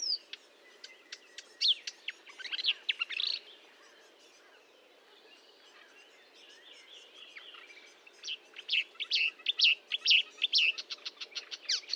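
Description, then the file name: Marsh warbler song in two bursts of rapid, scratchy chattering and whistled notes, separated by a quieter stretch of soft twittering. Recorded at Fontaine-Française (Fourneau), 1 June 2022 at 10:55, with a Nagra recorder and Telinga microphone. "Rousserolle verderolle 1055 Fontaine-Francaise-Fourneau"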